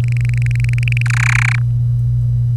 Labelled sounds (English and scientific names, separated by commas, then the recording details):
Domestic Canary (Serinus canaria) song
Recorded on 25 April 2018 at 06:00
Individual llb3